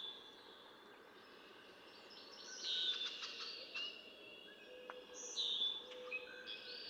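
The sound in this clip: Red-winged blackbird, a buzzy rattling phrase midway, followed by a clear whistled note.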